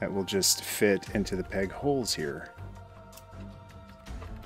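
Someone talks over background music while the plastic pegs on a figure's display base are lined up with the peg holes in the base. Nothing has seated or clicked yet.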